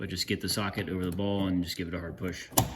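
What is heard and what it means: Someone talks while handling the socket end of a new trunk gas strut, about to push it hard over the ball stud on the trunk hinge of a 2006-2011 BMW E90 3-series. A brief broadband knock comes near 2.6 s. The strut has not snapped or seated onto the ball stud yet.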